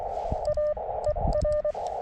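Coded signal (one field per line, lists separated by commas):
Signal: Morse code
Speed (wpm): 24 wpm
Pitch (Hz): 1800 Hz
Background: radio noise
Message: A ER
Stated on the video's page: CW Parks on the Air activation at a state park using a KX2 portable kit, with a few pileups and a steady stream of calls.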